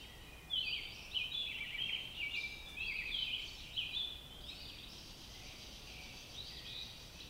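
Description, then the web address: Robin delivering a rapid, twittering warble of thin high notes, strongest at the start and fading toward the end, with soft background noise. "Sounds of Nature Robins"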